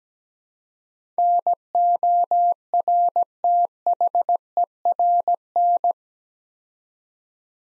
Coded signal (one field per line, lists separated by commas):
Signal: Morse code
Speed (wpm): 17 wpm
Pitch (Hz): 700 Hz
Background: none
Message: NORTHERN